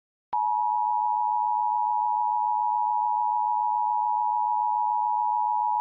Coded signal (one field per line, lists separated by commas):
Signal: Emergency Alert System (SAME) tones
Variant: 853 and 960 Hz attention tone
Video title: San Bernardino County Required Monthly Test (EAS #1175-1176) 9/6/23